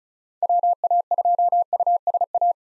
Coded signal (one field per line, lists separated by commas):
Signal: Morse code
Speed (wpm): 36 wpm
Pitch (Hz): 700 Hz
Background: none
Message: WA2USA